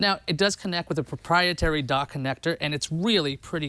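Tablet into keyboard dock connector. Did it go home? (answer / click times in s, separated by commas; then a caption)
no / none. A tablet is handled by its keyboard dock, about to be pushed on through a proprietary connector, while someone talks throughout. Nothing has seated or clicked yet.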